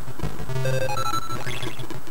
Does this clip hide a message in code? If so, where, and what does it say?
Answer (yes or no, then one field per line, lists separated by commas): no